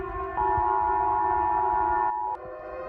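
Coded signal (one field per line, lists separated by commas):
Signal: Emergency Alert System (SAME) tones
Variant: 853 and 960 Hz attention tone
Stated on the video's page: Alarm for a possibly fictional country.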